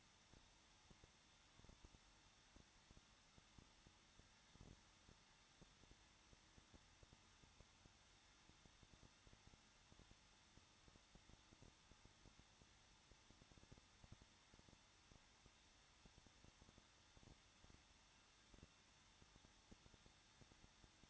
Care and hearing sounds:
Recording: daily activity, microphone in the room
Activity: no activity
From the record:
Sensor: 3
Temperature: 21.2 degrees Celsius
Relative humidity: 36.5%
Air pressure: 1006.4 hPa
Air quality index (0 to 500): 224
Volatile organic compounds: 44 ppm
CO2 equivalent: 3211 ppm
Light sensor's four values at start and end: 2/3/2/2 and 2/3/2/2

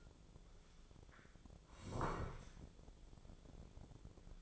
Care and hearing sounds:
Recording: daily activity, microphone in the room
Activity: sit down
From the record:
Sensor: 5

